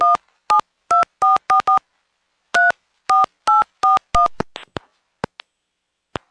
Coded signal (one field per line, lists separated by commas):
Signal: DTMF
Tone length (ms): 150 ms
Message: 172444 34841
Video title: Phone Trip to Palmerton Telephone Company - April 2026